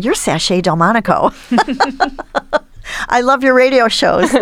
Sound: laughter

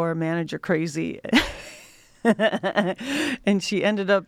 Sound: laughter

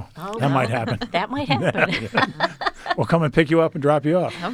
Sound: laughter

